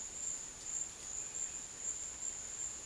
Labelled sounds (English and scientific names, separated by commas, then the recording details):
none
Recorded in dense forest near Puerto Asís, Putumayo, Colombia, on 23 June 2025 at 12:00
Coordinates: 0.484, -76.325
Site H65